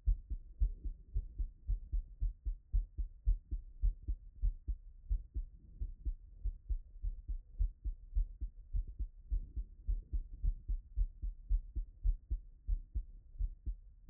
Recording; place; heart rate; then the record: heart sounds by stethoscope; Erb's point; 100 bpm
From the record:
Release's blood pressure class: elevated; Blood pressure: 129/68 mmHg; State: after exercise